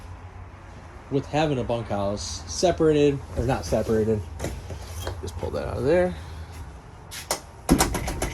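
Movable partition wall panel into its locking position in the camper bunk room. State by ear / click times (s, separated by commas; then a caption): seated / 7.7 s. Someone talks, then the movable partition wall panel of the bunk room in a Forest River Puma 25BHFQ camper is pulled out of its position and slides with a series of sharp clicks from about 7.3 to 8.2 seconds. The wall latches into its locking position at 7.7 seconds and locks in place.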